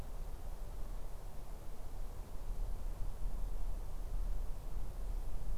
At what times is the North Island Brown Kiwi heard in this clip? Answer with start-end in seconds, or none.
none